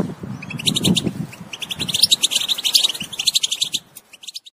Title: اجمل غناءالحسون الخلويchant chardonneret sauvage